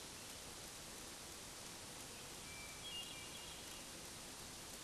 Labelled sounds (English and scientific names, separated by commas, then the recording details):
Hermit Thrush (Catharus guttatus) song
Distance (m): 90 m
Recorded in a Pennsylvania forest on 3 June 2023 at 07:42
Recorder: AudioMoth, point grid3_33_high
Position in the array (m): 7 m, 85 m